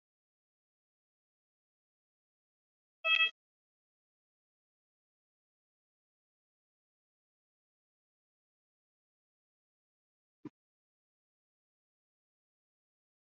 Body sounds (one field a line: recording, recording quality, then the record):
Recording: deep breathing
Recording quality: poor, much background noise or distortion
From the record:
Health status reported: COVID-19 positive, moderate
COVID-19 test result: positive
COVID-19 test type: RT-PCR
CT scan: not taken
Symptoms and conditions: cough, cold, breathing difficulty, fever, fatigue, muscle pain, loss of smell and taste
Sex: female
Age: 57 years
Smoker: no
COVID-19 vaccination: both doses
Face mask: not worn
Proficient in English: no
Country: India